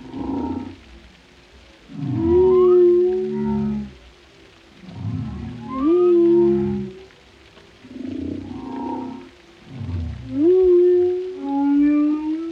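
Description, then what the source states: Whale song: low harmonic moans that swoop upward into sustained tones, in phrases every few seconds separated by quieter gaps, with faint higher squeals above. Compilation of whale vocalizations for relaxation, including moans, resonant calls and melodic songs.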